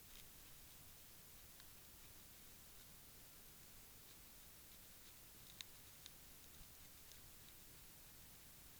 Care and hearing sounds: daily activity, guitar pickup as the sensor; brush teeth

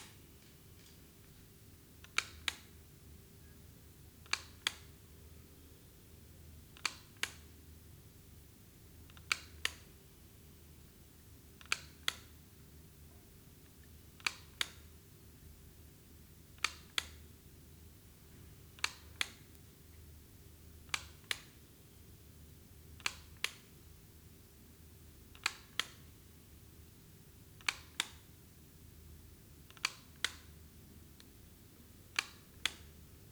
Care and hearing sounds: daily activity, guitar pickup as the sensor; operate light

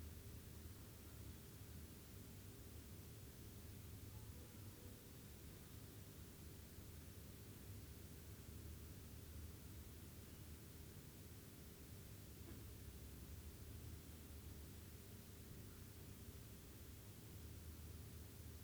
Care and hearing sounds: daily activity, guitar pickup as the sensor; stand

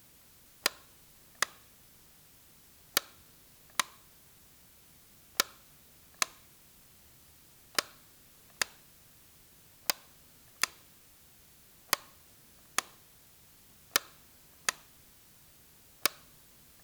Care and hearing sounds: daily activity, guitar pickup as the sensor; operate light

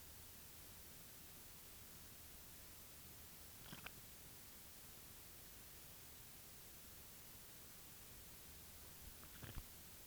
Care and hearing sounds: daily activity, guitar pickup as the sensor; drink water

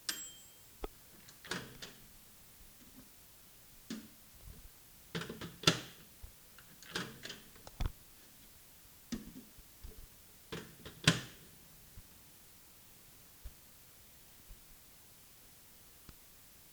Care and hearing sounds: daily activity, guitar pickup as the sensor; use microwave

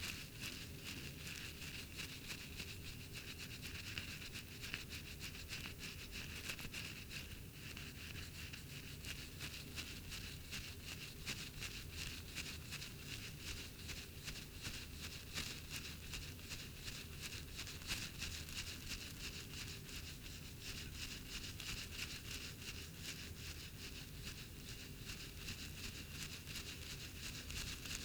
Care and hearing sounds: daily activity, guitar pickup as the sensor; brush teeth

